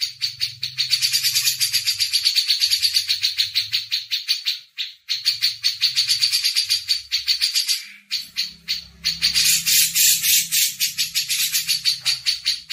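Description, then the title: Grey-cheeked bulbul chattering continuously in fast harsh notes, with a faint low hum running underneath at times. Masteran training audio. "MASTERAN CUCAK JENGGOT"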